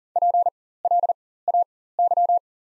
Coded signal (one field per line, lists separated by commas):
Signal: Morse code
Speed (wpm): 40 wpm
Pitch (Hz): 700 Hz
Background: none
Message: PLAY